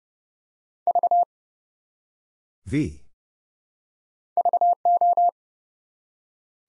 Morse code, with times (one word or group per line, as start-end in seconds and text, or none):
0.9-1.2 V
4.4-5.3 VO